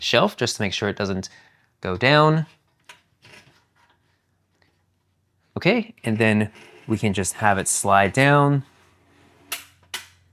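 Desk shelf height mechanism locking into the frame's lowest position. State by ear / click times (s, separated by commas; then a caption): seated / 9.5 s, 10.0 s. Someone talks while the knobs on a Mount-It rolling standing desk are loosened and its top shelf slides down its steel frame to the lowest setting. Sharp clicks at 9.5 s and 10.0 s mark the desk's height mechanism locking into the frame's lowest position, so the shelf is seated.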